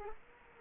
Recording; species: mosquito wingbeat signal from an infrared sensor; Culex quinquefasciatus